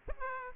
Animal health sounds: mosquito wingbeat signal from an infrared sensor; Aedes aegypti

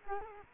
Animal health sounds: mosquito wingbeat signal from an infrared sensor; Culex quinquefasciatus

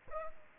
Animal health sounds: mosquito wingbeat signal from an infrared sensor; Aedes aegypti

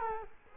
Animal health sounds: mosquito wingbeat signal from an infrared sensor; Culex quinquefasciatus

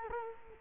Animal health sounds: mosquito wingbeat signal from an infrared sensor; Culex quinquefasciatus

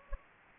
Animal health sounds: mosquito wingbeat signal from an infrared sensor; Anopheles gambiae

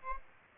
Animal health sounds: mosquito wingbeat signal from an infrared sensor; Aedes aegypti

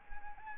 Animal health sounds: mosquito wingbeat signal from an infrared sensor; Anopheles arabiensis

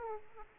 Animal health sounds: mosquito wingbeat signal from an infrared sensor; Aedes aegypti

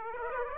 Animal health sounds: mosquito wingbeat signal from an infrared sensor; Aedes aegypti

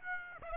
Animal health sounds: mosquito wingbeat signal from an infrared sensor; Aedes aegypti

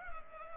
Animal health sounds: mosquito wingbeat signal from an infrared sensor; Culex pipiens

